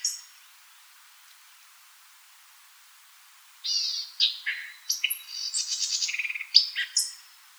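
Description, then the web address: White-eyed vireo, after a quiet stretch, delivers a rapid phrase of emphatic chips, buzzy notes and high whistles. Recorded 4 January 2007. "White-eyed Vireo 2007 01 04 White-eyed Vireo"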